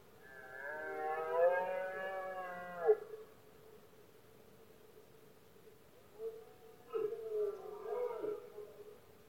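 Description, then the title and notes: Red deer roaring: a long harmonic bellow ending abruptly, a pause with a low drone, then a broken series of grunting roars. Male red deer roaring during the rut (berrea or brama del ciervo), at night in Spain; one of the country's most imposing nature spectacles, best heard at night when surroundings are quiet. "Paisaje sonoro: Berrea #04. La época de celo del ciervo se conoce comúnmente como “berrea del ciervo” o “brama del ciervo”. los poderosos bramidos de los ciervos machos"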